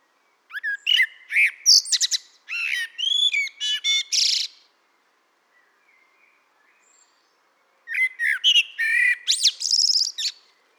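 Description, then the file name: Eurasian blackbird song: two bursts of varied phrases, clear whistled notes mixed with high chattering twitters, separated by a quiet gap of about three seconds with only faint notes. "Turdus merula"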